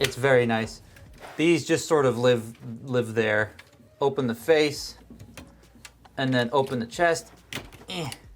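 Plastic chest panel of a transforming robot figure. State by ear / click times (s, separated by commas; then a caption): not seated / none. Someone talks while transforming a large plastic Transformers Titan figure, opening the face and then the chest and moving the plastic chest panel into position. Short plastic handling knocks are heard at about 5.2, 5.4 and 5.9 seconds between the speech. The panel has not clicked into place yet.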